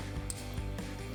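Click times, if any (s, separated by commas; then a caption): 0.3 s. An adapter harness plug is pushed into the connector on the back of a new Morimoto XB Evo LED headlight for a 2014-2024 Toyota 4Runner, over steady background music. One sharp, short click is heard at 0.3 s as the plug seats in the connector.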